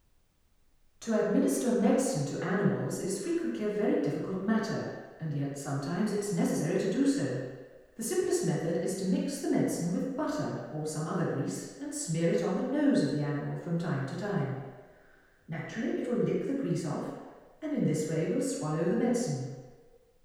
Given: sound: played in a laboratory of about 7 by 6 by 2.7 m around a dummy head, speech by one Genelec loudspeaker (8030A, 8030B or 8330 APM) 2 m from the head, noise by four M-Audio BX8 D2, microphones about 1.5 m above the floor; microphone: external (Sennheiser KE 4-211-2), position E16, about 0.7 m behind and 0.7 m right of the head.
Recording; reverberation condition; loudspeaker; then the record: female speech in English; high; in front (0 degrees)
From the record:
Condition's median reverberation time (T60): about 1300 ms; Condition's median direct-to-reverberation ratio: about -4.0 dB